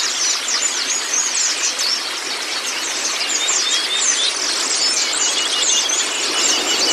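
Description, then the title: White-eye song: rapid high twittering over a dense hissing background. Training recording (masteran) of white-eye (pleci kacamata si putih), meant to get a silent (bisu) pleci singing constantly (gacor). "mster Mnuk. Terapi Pleci Bisu Menjadi Gacor Abis. Masteran Pleci Kacamata Si Putih"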